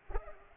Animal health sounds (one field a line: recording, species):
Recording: mosquito wingbeat signal from an infrared sensor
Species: Culex pipiens